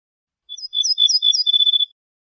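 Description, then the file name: Ortolan bunting singing a fast series of bright high chirps over a steady tone, lasting about one and a half seconds. "suara kicauan ortolan"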